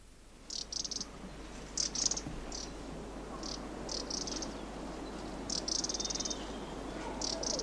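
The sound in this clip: Black-throated bushtit calls: high, thin trilled bursts given singly and in pairs at irregular intervals over a steady low background hum.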